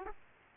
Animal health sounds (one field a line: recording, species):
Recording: mosquito wingbeat signal from an infrared sensor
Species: Aedes aegypti